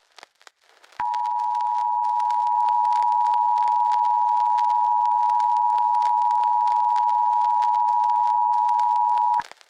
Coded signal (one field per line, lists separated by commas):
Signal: Emergency Alert System (SAME) tones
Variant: 853 and 960 Hz attention tone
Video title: EAS Scenario 4: Try Your Luck (Late St. Patrick’s Day Special)